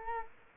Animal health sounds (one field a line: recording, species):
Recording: mosquito wingbeat signal from an infrared sensor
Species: Culex quinquefasciatus